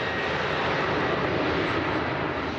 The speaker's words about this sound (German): Ein wackeliges Video eines privaten Senders zeigt, wie die Präsidialmaschine trotz des gesperrten Luftraums vom Flughafen Tunis abhebt.